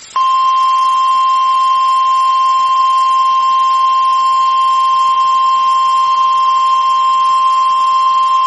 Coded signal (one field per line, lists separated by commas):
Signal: Emergency Alert System (SAME) tones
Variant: 1050 Hz attention tone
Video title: The Dixie Alley Terror| EAS #52-#56